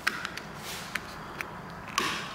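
A plastic back cap with a drilled hole for the wires snaps onto the back of a Razorback temperature gauge housing for a RZR Pro XP on a second try, with a sharp click at 0.1 s. Smaller taps and clicks follow at about 0.3, 0.4, 1.0, 1.4 and 2.0 s, and the cap is seated in place.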